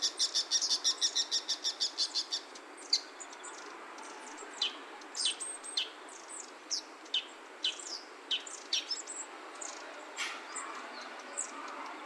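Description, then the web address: Birds call with a rapid burst of high twittering notes at the start, then scattered single chirps and short downslurred calls spaced apart, over faint hiss. Wild bird recorded 7 October 2021 at Noda, by the east edge of Noda school. "yacho koe 20211007 野田小東縁"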